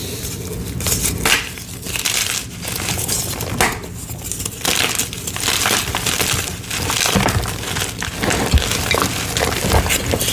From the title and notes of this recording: Ombré Rainbow Dyed Gym Chalk & Plain Reforms. Rainbow dyed gym chalk crush. Crispy, crunchy, vibrantly colored gym chalk blocks satisfyingly crushed to perfection.